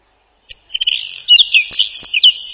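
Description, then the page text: Whinchat delivering a lively phrase of quick chattering notes and bright downslurred whistles. Song described as a short twittering trill. "Луговой чекан — Saxicola rubetra"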